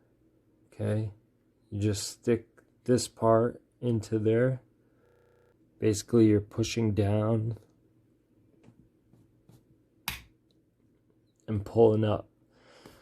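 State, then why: Released. A tool is inserted into the slot of a plastic car key fob and levered down and up to pop the battery cover loose, for replacing a low or dead battery, while someone talks. A sharp click at 10.1 seconds marks the battery cover coming open.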